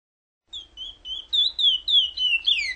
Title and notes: Curió praia clássico selo prata fh 30 anos, para encarte de filhotes